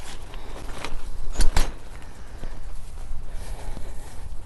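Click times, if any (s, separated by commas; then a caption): 1.6 s. A spring push-button on a telescoping canopy tent leg pops into the next leg-height hole at 1.6 s, after the button is pressed to let the leg drop and the leg is stepped on. Fainter knocks and rattles come just before it, with a quieter one after, and the tent is then fully erected.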